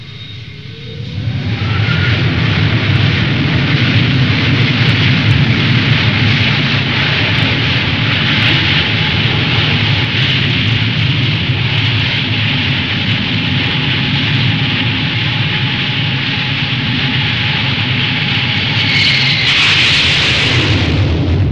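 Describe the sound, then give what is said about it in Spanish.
A dense, loud roar of hijacked American commercial airliners crashing into the World Trade Center towers, with explosions, in the 11 September 2001 attacks, rises within two seconds, then holds as a steady rumbling wall of noise for about twenty seconds, with no voices. “Aviones comerciales norteamericanos, secuestrados por terroristas relacionados con el integrismo islámico, se lanzan contra las torres del World Trade Center.”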